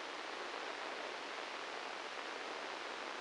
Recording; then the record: brain microelectrode recording played as sound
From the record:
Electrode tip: inside the subthalamic nucleus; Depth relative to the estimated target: 5 mm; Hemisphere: right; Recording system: NeuroSet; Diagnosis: Parkinson's disease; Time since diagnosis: 9 years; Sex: male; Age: 56 years